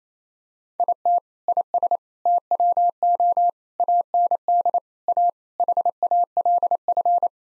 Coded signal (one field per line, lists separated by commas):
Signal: Morse code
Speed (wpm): 27 wpm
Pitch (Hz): 700 Hz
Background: none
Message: IT IS TWO AND A HALF